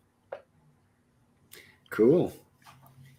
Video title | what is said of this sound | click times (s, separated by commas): The Show | you can hear it lock right in it ain't moving | 0.3 s